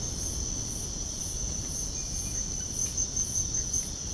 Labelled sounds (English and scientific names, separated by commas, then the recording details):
none
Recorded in pastures near Puerto Asís, Putumayo, Colombia, on 21 March 2025 at 05:00
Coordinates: 0.497, -76.327
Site G072